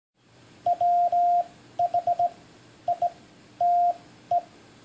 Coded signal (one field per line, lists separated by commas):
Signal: Morse code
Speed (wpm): 17 wpm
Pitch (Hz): 700 Hz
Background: none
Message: WHITE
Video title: One Minute Morse, #20!